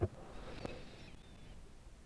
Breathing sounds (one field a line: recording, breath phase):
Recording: one breath near a microphone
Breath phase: inhalation